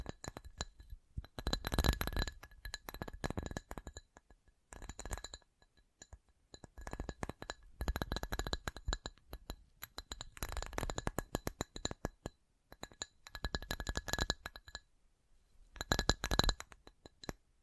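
Tapping and light clinking come in dense bursts of rapid taps, each lasting a second or two, separated by short silences. The taps are crisp and bright with a faint ringing tone, like fingernails on glass, and no voice is heard.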